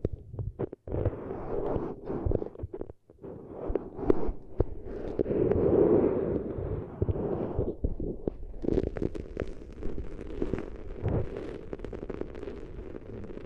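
An ASMR eardrum treatment: muffled rubbing and thumping against the microphone, with a dense, low, rumbling texture and frequent sharp clicks and taps. Brief drop-outs occur near the one- and three-second marks, and a smoother, fuller stretch of rubbing swells around five to seven seconds.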